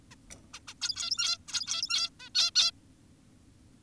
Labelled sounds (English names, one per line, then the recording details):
Zebra Finch
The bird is an adult
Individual g17y2U